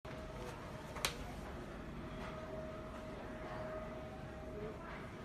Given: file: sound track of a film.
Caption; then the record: A reproducible audible and palpable snapping of the lateral knee when moving from flexion to extension.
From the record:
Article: A symptomatic cyamella in the popliteus tendon causing snapping knee: a case report and literature review